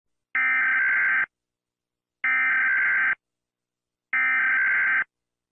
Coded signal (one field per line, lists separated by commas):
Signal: Emergency Alert System (SAME) tones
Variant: header bursts